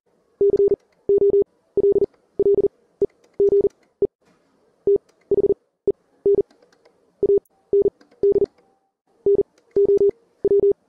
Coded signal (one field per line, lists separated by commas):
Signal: Morse code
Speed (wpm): 38 wpm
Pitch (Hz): 400 Hz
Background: none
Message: COLLEGE THEN AND NOW